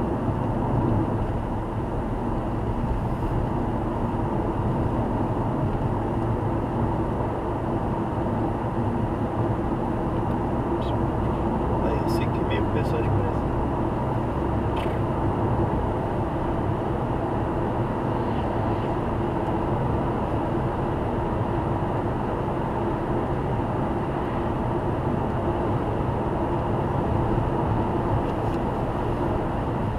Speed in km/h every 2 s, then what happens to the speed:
92, 95, 97, 98, 99, 100, 104, 106, 110, 110, 110, 109, 110, 111, 111.
0-16 speeds up to 110. 16-30 steady at about 110.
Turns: none.